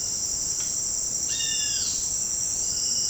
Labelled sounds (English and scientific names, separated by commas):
Roadside Hawk (Rupornis magnirostris)